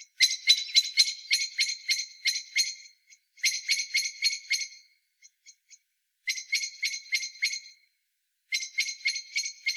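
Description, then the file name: Eurasian blackbird chattering, long runs of harsh rapid clicks with a few faint isolated notes between bursts. "Turdus merula"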